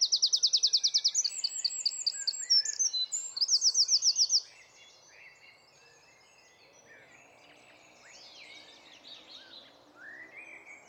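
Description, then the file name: Eurasian wren: a vigorous high song of ringing, rapid trills ending after about four seconds, followed by faint chirps. "Troglodytes troglodytes"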